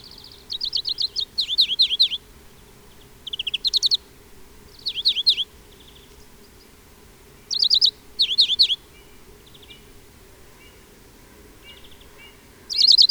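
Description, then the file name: European greenfinch twittering calls, short bursts of quick high chirps separated by pauses, some bursts sweeping up and down, over a faint steady hum. "Chloris chloris"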